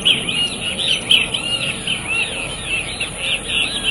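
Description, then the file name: Cattle tyrant song: a run of high, thin, squeaky arched notes over a soft background hiss. "canto do suiriri Cavaleiro"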